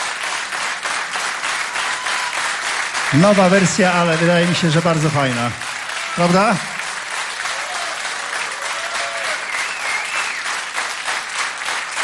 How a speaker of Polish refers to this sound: Brawa.